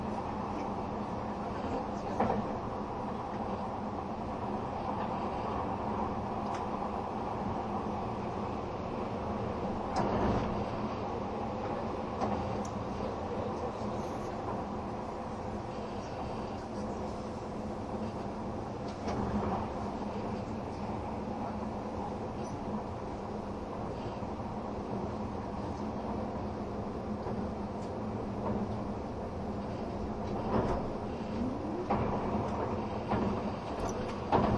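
Running noise aboard the Spacia X limited express train: a steady, dense rumble with a low hum and constant mid-range roar that barely changes in level. Brief brighter swells and clatters pass at about 10, 19 and 31 seconds.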